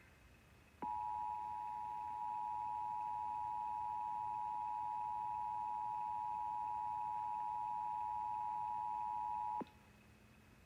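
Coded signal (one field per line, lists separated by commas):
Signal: Emergency Alert System (SAME) tones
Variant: 853 and 960 Hz attention tone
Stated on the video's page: Required Monthly Test EAS tones, the test aired on New York City AM radio and digital TV stations.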